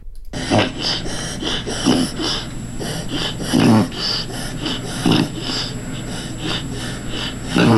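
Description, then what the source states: Dog reverse sneezing: rough, snorting inhalations through the nose in rapid bursts, with a steady background hiss. A dog reverse sneezing, drawing air in through the nose with the mouth closed.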